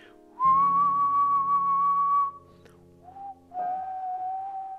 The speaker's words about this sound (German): Und zum Beispiel sind so Dinge wie optional whistle, also optional kannst du pfeifen. Und dann pfeifst du das Thema.